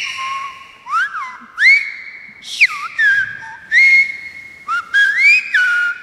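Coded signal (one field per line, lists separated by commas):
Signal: whistled language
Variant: Silbo Gomero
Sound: a loud human whistle gliding up and down in phrases with short breaks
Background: room echo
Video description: «Películas y muñecas» es un relato escrito por Daniel Martín Castellano. Fue silbado por Keila Idaira Morales Vera.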